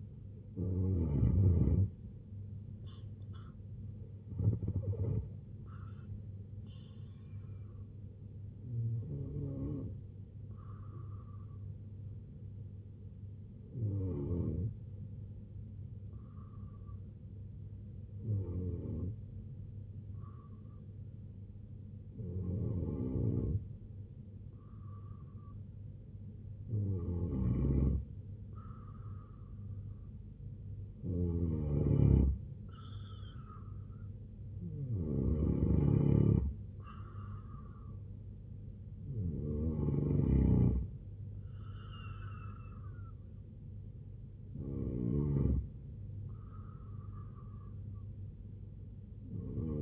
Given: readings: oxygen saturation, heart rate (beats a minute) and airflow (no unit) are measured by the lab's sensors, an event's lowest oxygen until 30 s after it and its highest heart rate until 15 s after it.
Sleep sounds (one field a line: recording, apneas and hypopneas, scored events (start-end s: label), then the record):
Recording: breathing in sleep by a smartphone at the bedside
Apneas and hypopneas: 1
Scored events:
13.00-32.50 s: hypopnea (N2, oxygen 93% highest, then 87% lowest, heart rate 69 at the start, 80 highest)
From the record:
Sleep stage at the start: N2 (light sleep)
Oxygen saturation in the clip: 87 to 93%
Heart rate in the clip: 68 to 83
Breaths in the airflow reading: 10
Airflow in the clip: -3.5 to 5.0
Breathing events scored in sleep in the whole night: 258 in 7.4 hours asleep